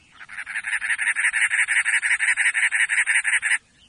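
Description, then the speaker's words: Cactus Wren harsh chugging call: a rapid, even series of raspy notes lasting over three seconds, then stopping abruptly. "can the delicate nestlings of a cactus wren survive?"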